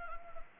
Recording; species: mosquito wingbeat signal from an infrared sensor; Anopheles gambiae